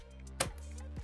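A removable metal prism finder is lined up on a Nikon F2 film camera body and pushed down firmly until it locks into place. A sharp click is heard at 0.4 s, over a steady background hum, with a few faint ticks around it. The prism is seated on the body.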